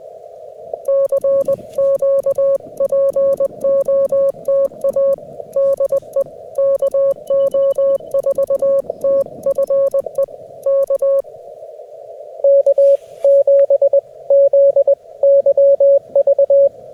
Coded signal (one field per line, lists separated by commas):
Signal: Morse code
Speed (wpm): 20 wpm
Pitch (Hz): 550 Hz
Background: music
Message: CQ POTA DE KO4TFE K K7ZYV